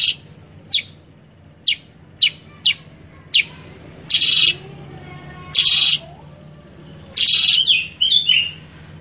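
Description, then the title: Sooty-headed bulbul with scattered sharp chips followed by three longer harsh buzzy bursts and a final twittering flourish over a low hum. Masteran training recording for caged birds, presented as a lure (pancingan) to make kutilang sutra very chatty (gacor) with a sharp, spicy voice (suara pedas). "Masteran Kutilang Sutra. PANCINGAN AMPUH KUTILANG SUTRA SUPER GACOR SUARA PEDAS"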